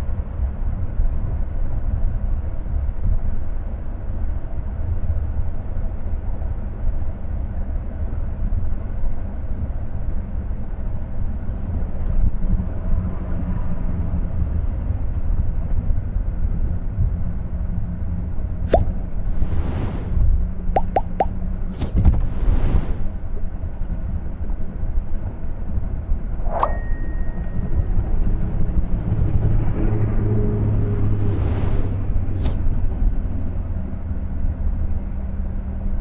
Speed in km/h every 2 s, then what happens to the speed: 79, 78, 79, 78, 76, 74, 72, 63, 60, 52, 50, 54, 62, 66, 75, 78, 79, 78.
0-11 steady at about 78. 11-20 slows to 50. 20-29 speeds up to 78. 29-36 steady at about 78.